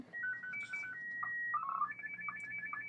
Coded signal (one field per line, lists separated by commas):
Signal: SSTV (slow-scan television)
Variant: Martin 1